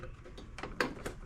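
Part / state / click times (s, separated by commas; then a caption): spark plug boot onto spark plug of small engine / seated / 0.8 s. A rubber spark plug boot is pushed by finger onto the spark plug of a Troy-Bilt Bronco riding mower engine. A few faint ticks and rustles lead up to one sharp, bright snap at 0.8 s, followed by a softer tick near 1.1 s. The boot snaps on and is seated.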